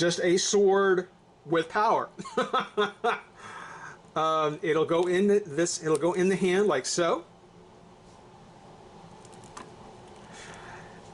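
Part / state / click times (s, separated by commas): figure hand on the figure's wrist peg / partly seated / 9.6 s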